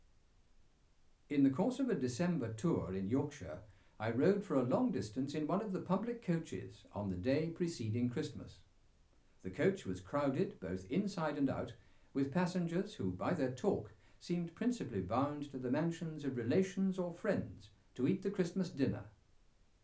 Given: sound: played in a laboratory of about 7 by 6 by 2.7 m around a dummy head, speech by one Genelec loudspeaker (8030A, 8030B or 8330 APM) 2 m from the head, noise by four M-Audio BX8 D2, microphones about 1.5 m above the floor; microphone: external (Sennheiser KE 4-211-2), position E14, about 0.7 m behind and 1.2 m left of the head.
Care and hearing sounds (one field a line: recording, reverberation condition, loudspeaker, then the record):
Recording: male speech in English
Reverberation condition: low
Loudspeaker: behind (180 degrees)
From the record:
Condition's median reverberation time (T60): about 310 ms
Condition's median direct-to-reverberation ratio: about 3.5 dB